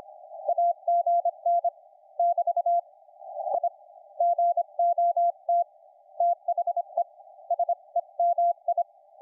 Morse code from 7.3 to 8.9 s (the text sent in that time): SEMI